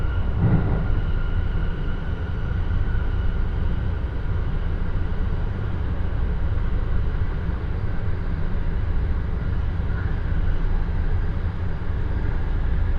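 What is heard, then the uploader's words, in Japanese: A Joban Line local train rolls along with a steady, dense low rumble and rattle, faint whines above, unchanged for the whole stretch. 耳で楽しむ鉄道旅 常磐線普通 石岡→土浦→取手。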